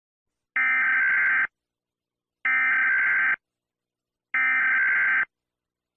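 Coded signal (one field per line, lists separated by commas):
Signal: Emergency Alert System (SAME) tones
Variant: header bursts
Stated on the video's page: Simulated analog-horror EAS scenario.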